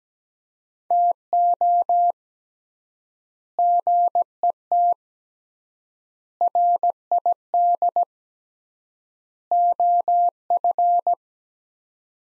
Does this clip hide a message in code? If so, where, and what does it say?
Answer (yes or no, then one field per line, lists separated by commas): yes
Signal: Morse code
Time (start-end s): 0.9-11.1 s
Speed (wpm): 17 wpm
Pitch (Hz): 700 Hz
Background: none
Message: TO GET RID OF